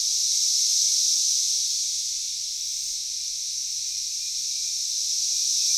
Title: Knoxville, TN 37920, USA - Backyard Cicadas